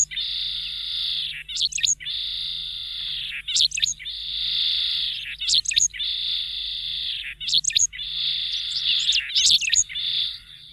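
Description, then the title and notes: Correndera pipit buzzy song, long harsh buzzes about a second each alternating with sharp high chips and short slurred notes, repeated roughly every two seconds. Small bird with dull, cryptic plumage that blends into vegetation; shows white outer tail feathers when taking flight; streaked brown back with two thin white lines, whitish underside, dark-spotted breast. "Museo de Ciencias de Bahía Blanca. Cachirla (Anthus correndera)"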